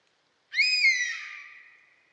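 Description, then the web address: European honey buzzard uttering one long, clear whistle, slightly descending, with a softer drawn-out ending fading over about a second. "European Honey Buzzard. صدای-سارگپه-جنگلی"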